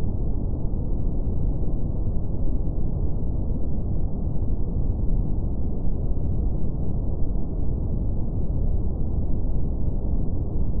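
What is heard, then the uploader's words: Steady white noise, heavily muffled and deep like a low rushing hum, with nothing above the low-middle range and no changes throughout. Relaxing White Noise.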